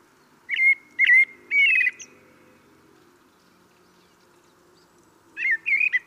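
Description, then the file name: Common blackbird song: three short fluted whistled notes, a long pause, then a new phrase begins. "Turdus merula"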